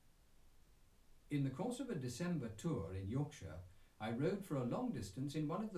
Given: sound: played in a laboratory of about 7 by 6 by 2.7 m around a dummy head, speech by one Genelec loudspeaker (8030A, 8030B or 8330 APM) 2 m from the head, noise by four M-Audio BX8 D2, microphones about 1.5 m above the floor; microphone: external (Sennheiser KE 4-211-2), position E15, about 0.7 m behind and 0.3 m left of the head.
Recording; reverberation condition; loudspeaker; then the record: male speech in English; low; 30 degrees to the right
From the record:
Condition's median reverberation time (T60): about 310 ms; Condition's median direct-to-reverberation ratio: about 3.5 dB